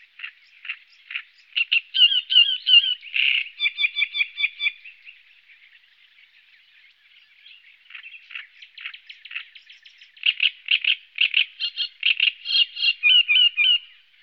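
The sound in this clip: Great reed warbler song, harsh grating notes in loud bursts separated by a quieter chattering stretch in the middle.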